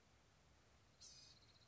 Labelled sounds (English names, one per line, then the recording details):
Blue-gray Gnatcatcher
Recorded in Sonoma County, California